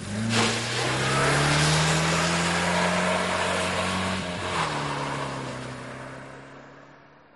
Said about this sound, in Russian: Заведя машину, Джек Стоун плавно надавил педаль газа, а затем выкрутил руль